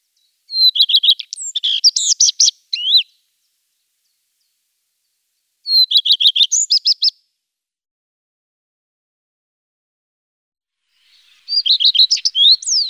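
Common redstart song: three short high phrases about five seconds apart, each opening with quick repeated notes and ending in a jangly, varied twitter, with silence between.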